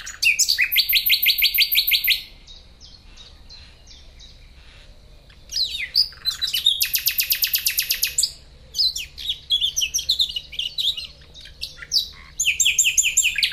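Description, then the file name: Common nightingale song: loud rapid repeated trills and chattering phrases, a pause, then varied whistles, buzzy notes and fast rattling series. "Luscinia megarhynchos"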